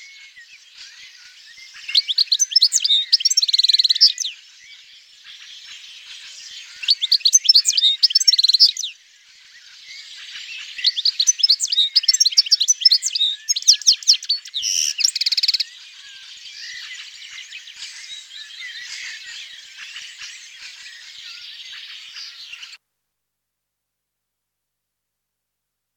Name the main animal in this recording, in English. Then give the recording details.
European Goldfinch. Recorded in the wild. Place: Oberrotweil am Kaiserstuhl, Baden-Württemberg, DE. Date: 1992-06-14. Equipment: Dat-Recorder Casio DA 7, Telinga DAT, Telinga-Parabolspiegel. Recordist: Schwarz, Dieter